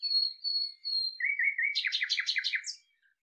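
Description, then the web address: Common nightingale song: a few drawn-out pure whistles, some lower notes, then a rapid series of loud, rattling repeated notes. "cianscape birddata Deverinetal 2025"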